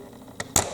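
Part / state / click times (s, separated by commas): rat trap jaw into its trigger latch / seated / 0.6 s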